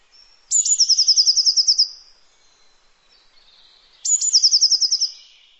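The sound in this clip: Bird call: two high, rapid trills of about a dozen evenly spaced notes each, starting about three and a half seconds apart, with quiet background.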